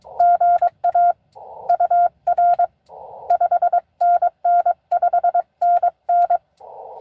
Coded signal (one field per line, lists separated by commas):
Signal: Morse code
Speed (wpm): 22 wpm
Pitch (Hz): 690 Hz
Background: none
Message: GA UR 5NN 5NN